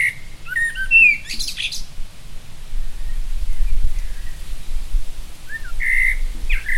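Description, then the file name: Common blackbird singing fluty, warbling phrases near the start that end in a squeaky high twitter, then another mellow phrase near the end over low rumbling background noise. "Turdus merula"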